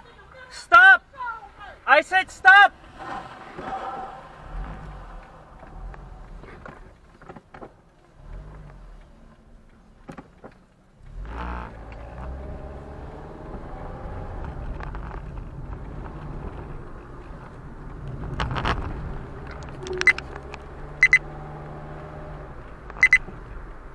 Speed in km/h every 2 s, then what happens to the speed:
0, 0, 0, 2, 0, 0, 18, 27, 32, 32, 35, 44.
0-11 standing. 11-24 pulls away to 44.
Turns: 15-21.